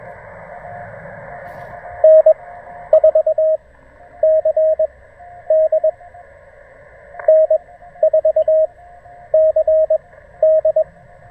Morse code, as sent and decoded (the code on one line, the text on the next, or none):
-. ....- -.-. -.. / -. ....- -.-. -..
N4CD N4CD